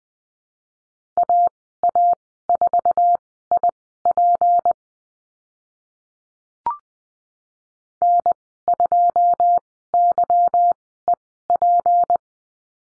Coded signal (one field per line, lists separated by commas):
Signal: Morse code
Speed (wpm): 20 wpm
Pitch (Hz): 700 Hz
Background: none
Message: AA4IP N2YEP